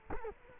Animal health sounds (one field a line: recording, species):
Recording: mosquito wingbeat signal from an infrared sensor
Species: Culex quinquefasciatus